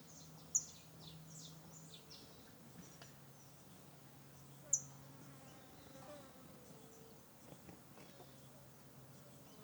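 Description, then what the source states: Birds chirping in a quiet valley, two sharp high chirps standing out among faint scattered notes and a low steady hum. Valley ambience with many birds, recorded as natural environment sound.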